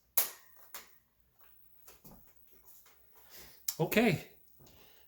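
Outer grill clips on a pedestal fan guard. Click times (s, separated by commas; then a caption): 0.2 s, 0.7 s. Someone pinches around the edges of the plastic outer grill on a 16-inch Comfort Zone oscillating pedestal fan guard, and the edge clips snap shut with clear clicks at 0.2 s and 0.7 s. Softer handling noises follow, then someone talks near the end. The grill clips are seated.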